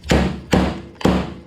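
A rubber and metal oil seal is driven fully home into the outer tube of a 2018 Suzuki RMZ 450 fork leg with a seal driver. Three heavy, ringing hammer strikes land at about 0.1, 0.5 and 1.1 seconds, with the strikes at 0.5 and 1.1 seconds sounding solid as the seal bottoms out. The seal is seated.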